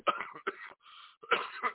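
Adult male coughing. A CAT scan a few days earlier showed both of his lungs partially collapsed, cause not yet known, and the cough may continue throughout the night.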